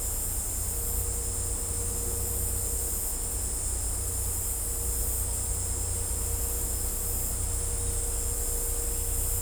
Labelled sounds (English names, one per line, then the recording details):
none
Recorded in dense forest near Puerto Asís, Putumayo, Colombia, on 16 December 2024 at 16:30
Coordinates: 0.503, -76.323
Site G043